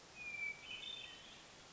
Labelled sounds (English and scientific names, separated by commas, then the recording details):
Hermit Thrush (Catharus guttatus)
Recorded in Sonoma County, California